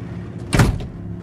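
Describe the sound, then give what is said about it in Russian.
A minivan's sliding door rolls open as a man gets out during pouring rain, in one brief, loud rumbling whoosh that rises and fades over a steady low engine-like hum. No voices are heard. “Витька выходит из машины.”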